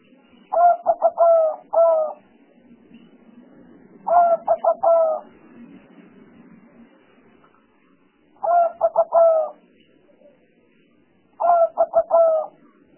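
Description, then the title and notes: Spotted dove repeating its cooing phrase four times, every few seconds, each a quick run of hoots and a longer coo over low background noise. Calls used as lure sounds for trapping the bird, described as the most effective lure. "Pikat Burung Tekukur Paling Ampuh. Kumpulan suara burung tekukur paling ampuh"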